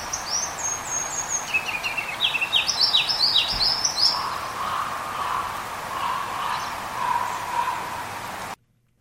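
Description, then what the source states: Ruby-crowned Kinglet song: thin, very high notes, then quick series of chirps and rapid rolling phrases, with softer lower sounds and steady background hiss. A variation of the song, one of several recordings showing song variation, around Sitka.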